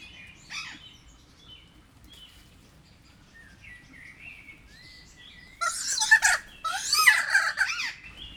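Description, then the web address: Kea calls: soft gliding whistles at first, then a run of loud, harsh, rasping screeches over the last three seconds. Captive kea at Jászberény Zoo, recorded in 2016. "allathangok jaszberenyizoo 2016 professzionalis kea hosszabbanhallgatozva 03 24"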